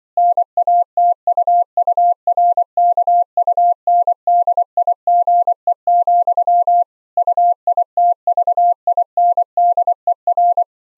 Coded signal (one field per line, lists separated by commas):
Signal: Morse code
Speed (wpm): 24 wpm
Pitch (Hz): 690 Hz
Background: none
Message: NATUURKUNDIGE, UITVINDER